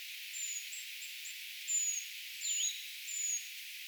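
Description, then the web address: Eurasian treecreeper calls, very thin high-pitched whistles sliding slightly downward, given in a short irregular series, with one lower sweeping note. A brood of young birds calling; recorded 4 June 2025; identification tentative. "paivat 4 6 2025 tietaakseni puukiipijapesueen aantelya"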